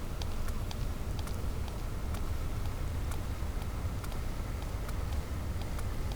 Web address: Physeter Macrocephalus cachalot positif